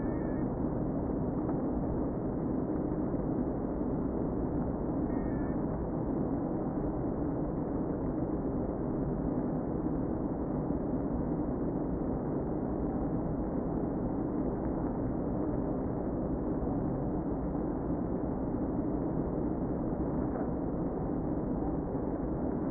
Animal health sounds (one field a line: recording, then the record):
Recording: honeybee colony, microphone inside the hive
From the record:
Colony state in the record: queen present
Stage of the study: before two queens were removed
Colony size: about 60,000 bees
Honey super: yes